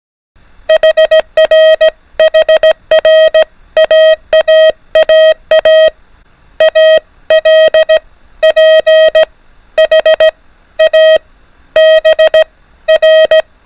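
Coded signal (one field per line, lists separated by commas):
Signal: Morse code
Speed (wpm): 17 wpm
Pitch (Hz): 630 Hz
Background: music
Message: HRHR AAAA ALPHABR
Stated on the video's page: Alphabet-only Morse code practice at an increased speed of 24 wpm for advanced learners.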